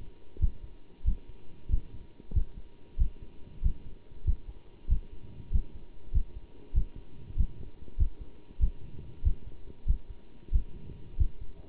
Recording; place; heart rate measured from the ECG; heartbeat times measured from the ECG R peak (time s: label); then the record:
heart sounds by stethoscope; between the tricuspid and mitral areas; 95 bpm
0.40 s: heartbeat
1.05 s: heartbeat
1.70 s: heartbeat
2.34 s: heartbeat
2.98 s: heartbeat
3.63 s: heartbeat
4.26 s: heartbeat
4.89 s: heartbeat
5.52 s: heartbeat
6.13 s: heartbeat
6.74 s: heartbeat
7.37 s: heartbeat
7.98 s: heartbeat
8.60 s: heartbeat
9.24 s: heartbeat
9.87 s: heartbeat
10.52 s: heartbeat
11.18 s: heartbeat
From the record:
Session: bicycle stress test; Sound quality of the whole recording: good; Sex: male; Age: 27 years